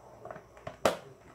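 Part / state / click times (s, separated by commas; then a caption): plastic lid onto food storage container / seated / 0.9 s. A plastic lid is pressed onto a plastic Tupperware food storage container until it latches. A few faint ticks come around 0.3 s and 0.7 s, then a sharp, bright snap at 0.9 s as the lid seats onto the container.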